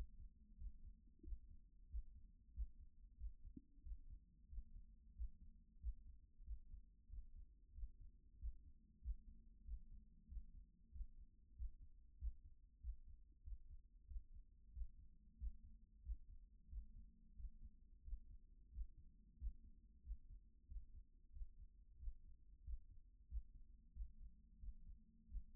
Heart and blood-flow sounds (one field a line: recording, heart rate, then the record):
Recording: heart sounds by stethoscope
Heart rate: 92 bpm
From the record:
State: at rest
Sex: male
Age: 28 years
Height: 180 cm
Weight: 120 kg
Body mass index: 37.04